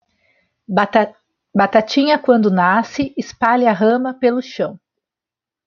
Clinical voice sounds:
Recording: short text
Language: Brazilian Portuguese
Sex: female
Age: 50 to 59 years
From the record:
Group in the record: control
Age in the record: 53 years

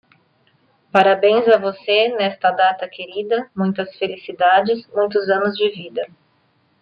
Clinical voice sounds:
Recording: short text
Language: Brazilian Portuguese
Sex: female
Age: 30 to 39 years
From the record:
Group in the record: control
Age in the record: 33 years

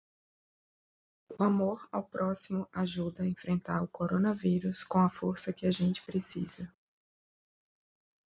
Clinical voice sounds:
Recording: spoken sentence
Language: Brazilian Portuguese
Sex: female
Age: 40 to 49 years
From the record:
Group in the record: control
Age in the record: 45 years

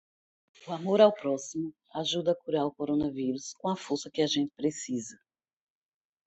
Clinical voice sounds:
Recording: spoken sentence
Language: Brazilian Portuguese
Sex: female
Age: 50 to 59 years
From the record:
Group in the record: control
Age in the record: 51 years

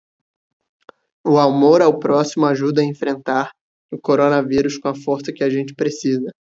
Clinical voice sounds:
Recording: spoken sentence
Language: Brazilian Portuguese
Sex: male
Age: 20 to 29 years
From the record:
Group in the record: control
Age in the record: 24 years

